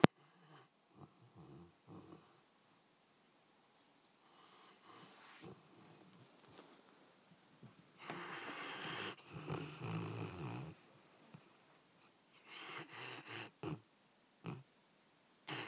Dog snoring.